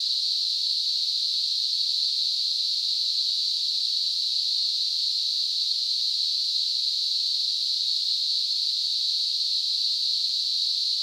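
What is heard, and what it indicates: A steady, unbroken high-pitched hiss lasts the full 11 seconds with no change in loudness, concentrated in a narrow band near 4 kHz. It is a simulated tinnitus sound, imitating the constant ringing or hissing heard in the ear.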